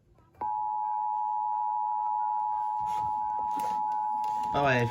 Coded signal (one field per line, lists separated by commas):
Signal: Emergency Alert System (SAME) tones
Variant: 853 and 960 Hz attention tone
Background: speech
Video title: NJ Monthly Test: 94.5 WPST (EAS #854)